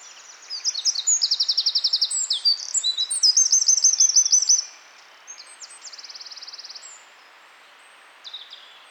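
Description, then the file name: Eurasian wren song: a loud, rapid high-pitched torrent of trills and chattering notes for about four seconds, then quieter fainter trilling phrases. "Troglodytes troglodytes"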